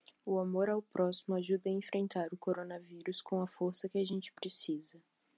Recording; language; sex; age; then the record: spoken sentence; Brazilian Portuguese; female; 20 to 29 years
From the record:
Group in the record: control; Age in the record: 20 years